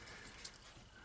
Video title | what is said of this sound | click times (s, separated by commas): Honda Civic Brake Light Bulb and Socket Replacement (2006-2011) | all right bring this over here and make sure it snaps into place | 0.5 s, 0.6 s